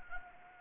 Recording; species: mosquito wingbeat signal from an infrared sensor; Anopheles gambiae